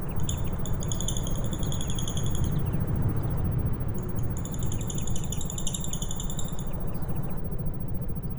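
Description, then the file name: Lovebird chirping: long runs of rapid, shrill, evenly repeated squeaky notes in two stretches with a short pause between, over a constant low droning hum. Audio meant as therapy for lovebirds. "audio terapi lovebird"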